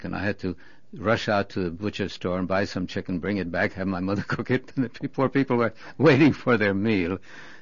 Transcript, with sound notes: I had to rush out to the butcher store and buy some chicken, bring it back, have my mother cook it. ( he laughs ) And the poor people were waiting for their meal.